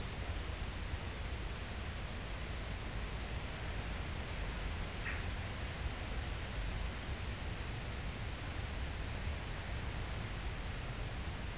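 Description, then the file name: Field cricket song: a continuous shrill trill running the whole time, with a brief faint click midway and a low background hum. "Gryllus campestris"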